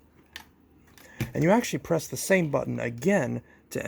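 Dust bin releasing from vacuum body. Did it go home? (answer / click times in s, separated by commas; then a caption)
released / 0.4 s. The bin release button on the plastic body of a Dyson Ball Animal 2 (UP20) vacuum is pressed, giving a sharp click at 0.4 s as the dust bin releases for emptying and for reaching the filter. A few faint ticks follow, then someone talks.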